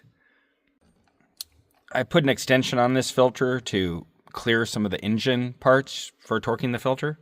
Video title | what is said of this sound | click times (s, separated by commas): 23'-25' Yamaha AR220 22' Jet Boat Engine Oil & Filter Change/Service: Easy to do! | and you're just going to torque that till if you're going to decide to do this till it clicks like that and that's it | 1.4 s